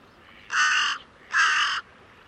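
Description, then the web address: Bird calling with two loud, rasping caws of even length, separated by a short gap. "cianscape. Deverinetal 2025. Bird Only"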